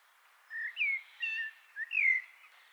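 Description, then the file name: Eurasian blackbird giving several slurred, flute-like whistles, with faint hiss behind. "Turdus merula"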